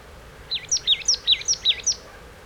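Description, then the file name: Marsh tit sounding one clear string of eight high, sharply down-slurred chipping notes at an even, rapid pace against quiet hiss. "Poecile palustris"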